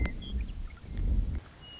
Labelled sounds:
Western Meadowlark
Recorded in Sonoma County, California

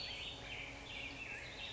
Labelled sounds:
Black-headed Grosbeak
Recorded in Sonoma County, California

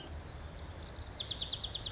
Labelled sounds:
Pacific Wren
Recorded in Sonoma County, California

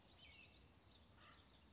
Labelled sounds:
Acorn Woodpecker
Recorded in Sonoma County, California

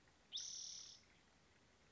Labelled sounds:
Spotted Towhee
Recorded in Sonoma County, California

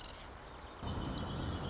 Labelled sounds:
Marsh Wren
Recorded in Sonoma County, California

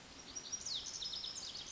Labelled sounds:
Lazuli Bunting
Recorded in Sonoma County, California

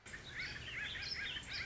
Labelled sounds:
Warbling Vireo
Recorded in Sonoma County, California

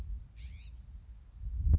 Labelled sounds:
California Scrub-Jay
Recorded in Sonoma County, California

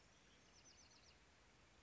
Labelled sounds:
Bewick's Wren
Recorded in Sonoma County, California

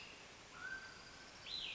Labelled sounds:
Mountain Quail
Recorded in Sonoma County, California

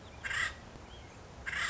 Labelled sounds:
Acorn Woodpecker
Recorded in Sonoma County, California

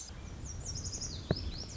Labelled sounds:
Lazuli Bunting
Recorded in Sonoma County, California

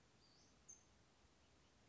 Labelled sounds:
Western Flycatcher
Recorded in Sonoma County, California

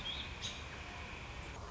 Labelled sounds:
American Robin
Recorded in Sonoma County, California

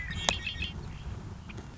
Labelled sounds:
Red-winged Blackbird
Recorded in Sonoma County, California

